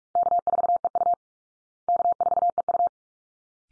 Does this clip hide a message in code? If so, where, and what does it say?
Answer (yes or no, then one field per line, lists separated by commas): yes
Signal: Morse code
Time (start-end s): 0.2-2.9 s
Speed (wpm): 44 wpm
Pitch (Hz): 700 Hz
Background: none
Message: K4EU K4EU